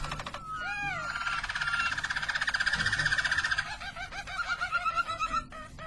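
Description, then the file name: Harz Roller canary song: opening with swooping arched notes, then a long continuous roll breaking into pulsed, bubbling phrases. Belgian Harz Roller canary. "canto do canario belga harz roller"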